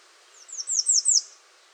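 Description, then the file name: American redstart singing a brisk phrase of five thin downward-sliding notes, growing louder, lasting under a second. Recorded 21 June 2019. "2019-06-21 American Redstart"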